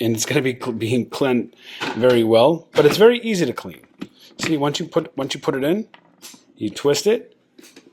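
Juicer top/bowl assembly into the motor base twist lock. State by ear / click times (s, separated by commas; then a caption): not seated / none. Someone talks while handling an Acoqoos juicer, fitting its top bowl assembly into the motor base's twist lock and twisting it. Two faint short knocks come at about 7.6 and 7.8 seconds, but nothing has seated or locked yet.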